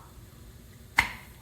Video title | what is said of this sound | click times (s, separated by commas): Delicious Summer Pasta Recipe with Eggplant | hear it that means it was properly sealed always make sure you hear that pop | 1.0 s